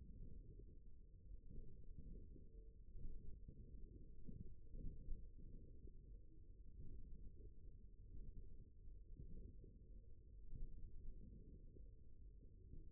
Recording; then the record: forearm muscle sounds (acoustic myography)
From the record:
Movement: forearm pronation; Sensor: system 1, eight BSWA MPA416 microphones around the upper forearm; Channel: 1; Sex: male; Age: 54 years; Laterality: right